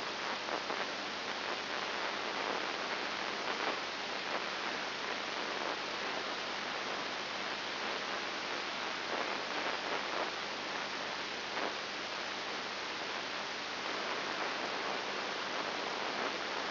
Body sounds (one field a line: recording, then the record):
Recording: brain microelectrode recording played as sound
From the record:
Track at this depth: inside the subthalamic nucleus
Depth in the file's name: 4.302 mm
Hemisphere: left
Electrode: 3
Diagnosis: Parkinson's disease